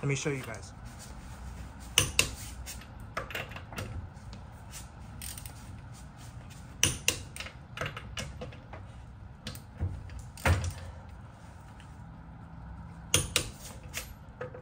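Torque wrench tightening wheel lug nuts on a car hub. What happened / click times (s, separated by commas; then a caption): The click-type torque wrench broke over at its set torque three times / 2.0 s, 2.2 s, 6.8 s, 7.1 s, 13.1 s, 13.4 s. A click-type torque wrench set to 129 tightens the lug nuts on a Tesla car wheel hub. Someone talks briefly, and the wrench gives a short double click for each of three lug nuts at 2.0 and 2.2 s, 6.8 and 7.1 s, and 13.1 and 13.4 s. Each click means the wrench has reached its set torque.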